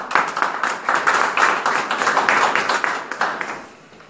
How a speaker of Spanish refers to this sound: Lo seguimos con un aplauso.